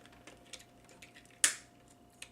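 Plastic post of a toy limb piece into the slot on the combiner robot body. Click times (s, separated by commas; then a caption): 1.4 s. A plastic post on a transforming dinosaur toy limb piece is pushed into a small slot on the combined robot body. Faint plastic ticks and handling sounds lead up to one sharp, bright click at 1.4 s as the post seats and clicks into place, followed by another small tick near the end.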